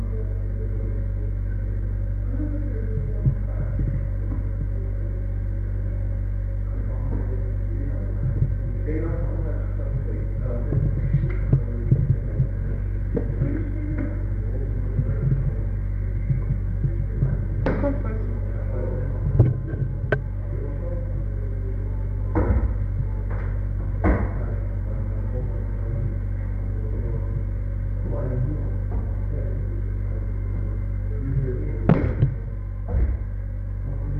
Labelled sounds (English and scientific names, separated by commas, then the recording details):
Chimpanzee (Pan troglodytes)
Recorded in captivity
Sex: diverse
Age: adult
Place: Tierpark Berlin, Berlin, DE
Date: 1961-01-18
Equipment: Smaragd
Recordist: Korde and Stein
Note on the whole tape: Schreien; Orang: Schnalzen; Monika: als Elefanten vorbeikamen; Orang: Schnalzen, Röhren (als Elefanten vorbeikamen); Susi: Heulen, Gitterrütteln (Berufspraktikum-Protokoll)